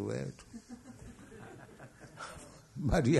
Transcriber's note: laughs